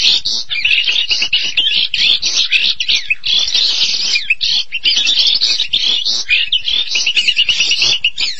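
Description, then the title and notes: Starling song, a dense, unbroken stream of high chattering notes, buzzes and short whistles, shifting rapidly throughout with barely a pause. "suara burung jalak"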